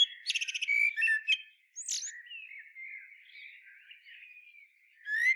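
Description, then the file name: Common blackbird song opening with a fast high twittered trill, then a long soft rambling warble and a final rising note. "Turdus merula"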